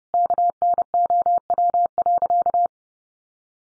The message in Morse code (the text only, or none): KNOW.